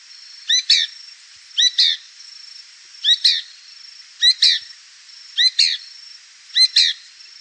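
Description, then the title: Bird calling in short paired bursts of bright, stacked chirpy notes, six phrases about every 1.2 seconds, over a thin steady high tone. "LuckyPassaro Completos2Sama"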